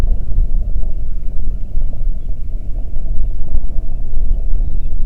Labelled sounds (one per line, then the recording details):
bird
wind
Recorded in the Prudhoe Bay oil fields, Alaska, on 8 June 2019 at 04:21
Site 30